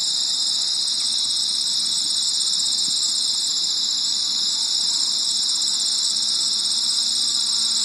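Crickets in a dense, continuous high-pitched chorus that never pauses, several bands layered together.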